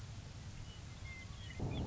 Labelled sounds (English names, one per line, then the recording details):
Western Meadowlark
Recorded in Sonoma County, California